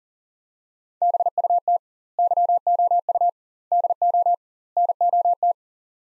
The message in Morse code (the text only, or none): BUT YOU DO NOT